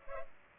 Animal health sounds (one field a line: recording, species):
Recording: mosquito wingbeat signal from an infrared sensor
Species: Culex pipiens